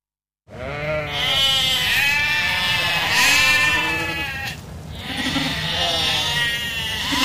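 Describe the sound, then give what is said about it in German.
Hungry lambs bleat almost nonstop, several wavering, high-pitched cries overlapping and rising in steady waves, loud and with no human voices. “Wie viele Lämmer gibt es bei dir?”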